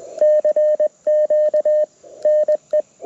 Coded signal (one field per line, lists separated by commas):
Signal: Morse code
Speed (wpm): 20 wpm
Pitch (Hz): 610 Hz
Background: radio noise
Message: CQ NE